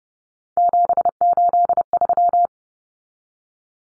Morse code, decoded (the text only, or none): 783